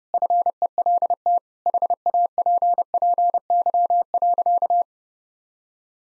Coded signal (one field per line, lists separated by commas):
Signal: Morse code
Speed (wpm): 30 wpm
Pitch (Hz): 700 Hz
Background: none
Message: FELT HAPPY.